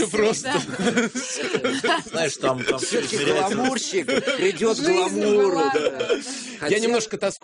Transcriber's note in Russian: говоря вместе